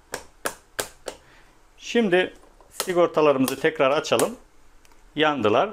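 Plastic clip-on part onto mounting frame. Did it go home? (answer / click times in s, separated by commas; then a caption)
yes / 0.5 s, 0.8 s. A part with plastic clips is pushed onto a mounting frame, with sharp snap-like clicks at 0.5 s and 0.8 s as the clips click into place, along with lighter taps around them. It is seated, and pushing hard after the click is avoided because it could break the other clip. Afterward someone talks.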